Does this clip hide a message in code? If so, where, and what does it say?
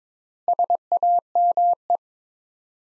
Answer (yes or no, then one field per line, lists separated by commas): yes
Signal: Morse code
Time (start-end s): 0.5-2.0 s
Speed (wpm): 22 wpm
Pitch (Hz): 700 Hz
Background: none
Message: SAME